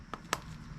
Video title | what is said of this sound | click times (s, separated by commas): Cub Cadet 2206 Maintenance Made Simple | hear that pop that click that means it's fully seated and we have good spot | 0.1 s, 0.3 s